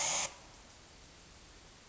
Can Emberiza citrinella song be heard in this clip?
no